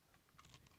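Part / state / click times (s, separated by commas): box support clip into electrical box knockout / not seated / none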